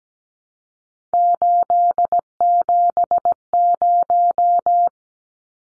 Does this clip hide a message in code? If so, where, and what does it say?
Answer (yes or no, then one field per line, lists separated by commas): yes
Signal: Morse code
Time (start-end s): 1.1-4.9 s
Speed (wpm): 17 wpm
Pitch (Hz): 700 Hz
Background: none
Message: 870